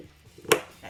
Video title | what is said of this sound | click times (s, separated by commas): Making Snowballs with my granddaughters! July 2022 … | Hear it snap, and then you can shake the living daylights out of it. | 0.5 s